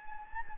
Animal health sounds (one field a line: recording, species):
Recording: mosquito wingbeat signal from an infrared sensor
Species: Anopheles gambiae